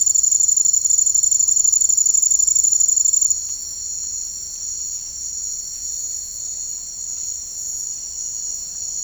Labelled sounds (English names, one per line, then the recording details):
none
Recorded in dense forest near Puerto Asís, Putumayo, Colombia, on 13 March 2025 at 08:00
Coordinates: 0.485, -76.318
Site G056